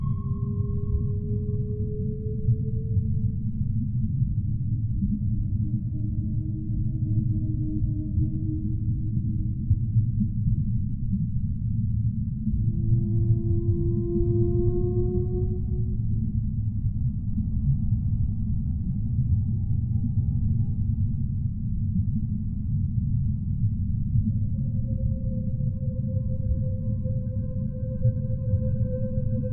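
Whales call in a bay, their long, smooth tones sliding and holding at mid pitch, some with fainter higher echoes, spaced every few seconds across the half minute. Beneath them runs a constant deep, dense underwater rumble that never lets up.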